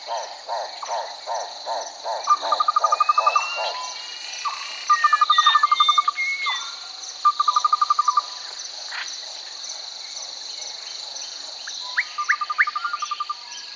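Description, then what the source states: Birds giving thin whistled sweeps and slurred chirps among repeated pulsed trills, with a steady high-pitched insect hum throughout. Birds chirping close by in a forest.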